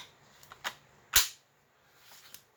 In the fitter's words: all right so you can hear it snaps in place it's